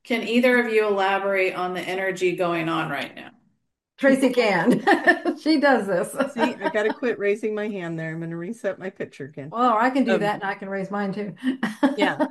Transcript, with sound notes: Can either of you elaborate on the energy going on right now?
Tracie can. (laughs) She does this.
See, I gotta quit raising my hand there. I'm gonna reset my picture again.
Well, I can do that-
... and I can raise mine too.